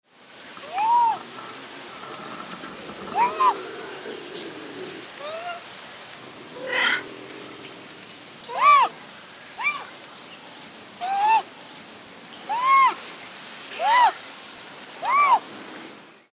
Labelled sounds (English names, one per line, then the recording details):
Bobcat
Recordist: Tembrock, Günter
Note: Männchen: Maunzen (knurrendes Weibchen im Hintergrund)